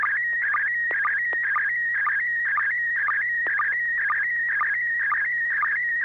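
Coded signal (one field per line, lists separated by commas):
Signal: SSTV (slow-scan television)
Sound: warbling tone around 2 kHz with regular short low blips, twice a second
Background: low steady hum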